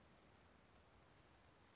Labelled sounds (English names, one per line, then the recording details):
Western Flycatcher
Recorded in Sonoma County, California